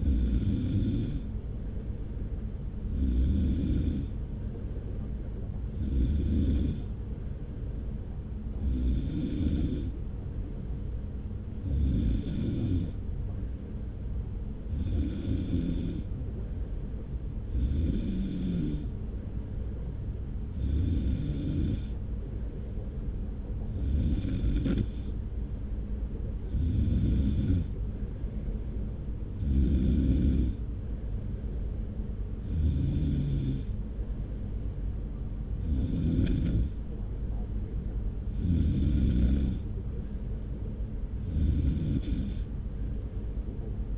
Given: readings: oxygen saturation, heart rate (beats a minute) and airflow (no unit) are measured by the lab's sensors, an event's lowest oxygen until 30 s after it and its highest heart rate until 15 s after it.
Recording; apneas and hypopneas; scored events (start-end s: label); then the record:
breathing in sleep by a smartphone at the bedside; none
none scored
From the record:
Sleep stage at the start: N3 (deep sleep); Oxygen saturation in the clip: 93%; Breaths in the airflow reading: 17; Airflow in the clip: -0.8 to 0.9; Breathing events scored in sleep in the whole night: 335 in 6.7 hours asleep